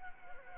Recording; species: mosquito wingbeat signal from an infrared sensor; Anopheles gambiae